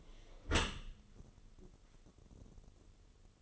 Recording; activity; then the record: daily activity, microphone in the room; close dishwasher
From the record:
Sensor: 4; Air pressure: 1015.8 hPa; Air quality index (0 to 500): 99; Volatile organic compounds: 2 ppm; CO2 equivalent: 1103 ppm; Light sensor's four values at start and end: 9/19/7/7 and 8/18/7/7